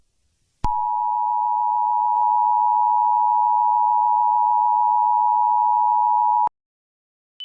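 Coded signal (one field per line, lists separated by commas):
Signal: Emergency Alert System (SAME) tones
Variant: 853 and 960 Hz attention tone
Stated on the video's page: Fictional Christmas-themed EAS scenario, not a real alert.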